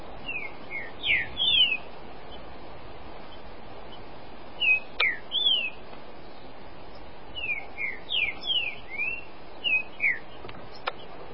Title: Trinca Ferro